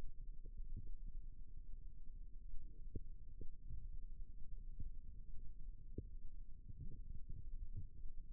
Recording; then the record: forearm muscle sounds (acoustic myography)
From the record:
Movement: rest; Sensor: system 2, bracelet of six BSWA MPA416 microphones around the upper forearm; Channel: 3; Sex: male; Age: 22 years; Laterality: right